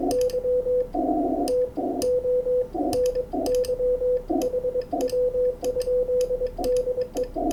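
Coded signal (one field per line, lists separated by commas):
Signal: Morse code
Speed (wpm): 22 wpm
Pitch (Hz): 500 Hz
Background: none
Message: Y TONY HW? DE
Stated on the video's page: Amateur CW contacts on 20 metres.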